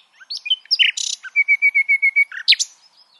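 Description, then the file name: Common nightingale song: a varied phrase of chirps and a buzzy burst, then about seven clear notes repeated rapidly on one pitch, ending in harsh notes. "Luscinia megarhynchos"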